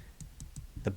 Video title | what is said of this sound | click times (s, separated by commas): 1000 Meter German Automatic Dive Watches by NauticFish - The Thusunt | bezel is solid solid ratcheting action it really you hear it you hear and you feel it it totally snaps into place | 0.2 s, 0.4 s, 0.6 s, 0.9 s